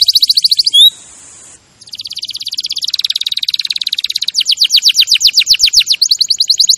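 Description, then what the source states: Canary song with a rapid trill, a steady high buzzy note, then a long series of rolling and sweeping trills. Champion canary song used as a master recording for training other birds.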